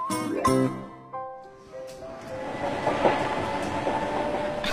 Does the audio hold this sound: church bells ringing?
no